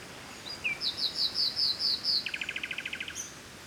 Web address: Game Audio Bundle West Wolf - Seaside Nature And Waves. Nature Forest Birds Wind Early Morning Spring Distant Sea Mediterranean Grece